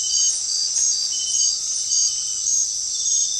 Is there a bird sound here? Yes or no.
no